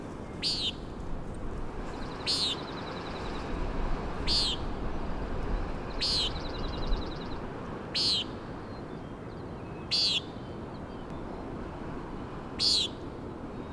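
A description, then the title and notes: A Common Nighthawk gives a sharp, buzzy nasal call about every two seconds, seven calls in all, clear. Faint rapid trills sound between the first few calls, over a steady low rushing roar of wind or surf. Due to gusting winds and ocean noise, did high pass filter at 250hz. Recorded with Fostex FR2 and Sennheiser ME62. Came for dawn chorus so only had the omni mic. Common Nighthawk at Schoodic Head.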